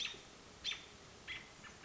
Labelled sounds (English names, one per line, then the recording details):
American Robin
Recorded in Sonoma County, California